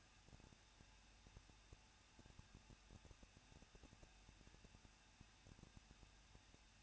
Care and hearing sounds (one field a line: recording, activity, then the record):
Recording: daily activity, microphone in the room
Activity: no activity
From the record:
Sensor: 2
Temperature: 21.0 degrees Celsius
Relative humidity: 37.4%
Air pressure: 1006.2 hPa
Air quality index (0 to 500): 221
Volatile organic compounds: 24 ppm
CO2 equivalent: 2800 ppm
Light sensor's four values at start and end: 2/3/2/2 and 2/3/2/2